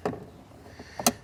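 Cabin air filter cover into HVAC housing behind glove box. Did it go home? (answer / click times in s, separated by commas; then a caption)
yes / 1.1 s. The plastic cabin air filter cover, holding a new filter, is slid back into its slot in the HVAC housing behind the glove box of a 2013 Honda Fit. A sharp knock at 0.1 s gives way to quiet, then a faint tick at 1.0 s leads into a loud, bright click at 1.1 s as the cover latches and seats in place.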